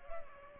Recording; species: mosquito wingbeat signal from an infrared sensor; Culex pipiens